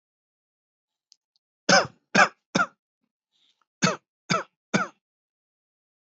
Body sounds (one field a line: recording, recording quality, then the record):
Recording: shallow voluntary cough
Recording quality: excellent, no background noise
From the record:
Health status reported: healthy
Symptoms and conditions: none ticked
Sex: male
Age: 62 years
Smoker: not ticked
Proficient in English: yes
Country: India